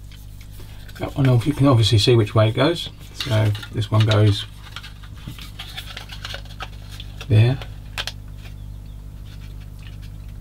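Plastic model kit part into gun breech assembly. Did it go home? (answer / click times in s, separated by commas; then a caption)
no / none. A plastic part for a TAKOM 1/16 M10 IIC Achilles British tank destroyer model kit, from the 17 pounder gun breech assembly, is handled and dry-fitted toward its mating location. Someone talks while soft, short plastic taps and handling ticks sound between and after the speech. Nothing has seated or clicked into place yet.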